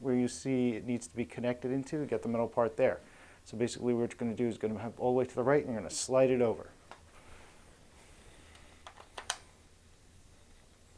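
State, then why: Seated. Someone talks, then slides a camera lens with a metal part on its back all the way to the right into the camera body's mount, with faint handling taps around 6.9 s, 8.9 s and 9.2 s. A sharp little click at 9.3 s marks the lens locking into the mount, and the lens is confirmed seated.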